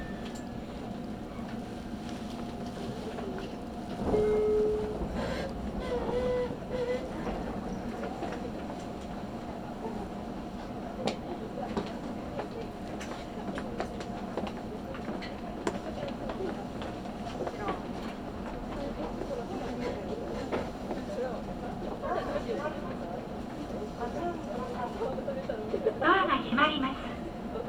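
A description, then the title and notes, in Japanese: A train ride on the Karatsu and Nagasaki lines, with a steady low rumble and a constant hum running throughout. Rail clicks and knocks come at irregular moments. A brief tone sounds near four seconds, and a louder, brighter rattling swells near the end. 唐津線・長崎本線 佐賀→久保田→肥前山口。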